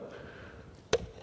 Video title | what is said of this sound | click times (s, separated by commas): كاشف الذهب exp 5000 okm | When it locks in, you will hear a little click, | 0.9 s